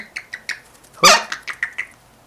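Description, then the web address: Cuban amazon gives short chattering notes broken by a single loud grating squawk, then more clipped chatter. "popugai belogolovyi amazon kubinskii amazon popugai bagamov popugai kaimanovyx ostrovov. amazona leucocephala"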